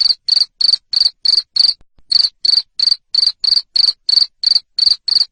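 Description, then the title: Insistent cricket chirps, short high trills spaced evenly around three a second, one pause near the two-second mark. Loud cricket chirping used to stimulate lovebirds to keep singing. "Suara JANGKRIK NGERIK Keras Bikin LOVEBIRD Jadi NGEKEK Terus Vubey"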